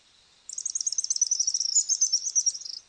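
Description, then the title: Araucaria tit-spinetail giving a very high, thin, rapid trill of about two seconds, a dense run of tiny notes held at one high pitch, with no other sounds. "LuckyPassaro Completos2Sama. Araucaria Tit-Spinetail (Leptasthenura setaria)"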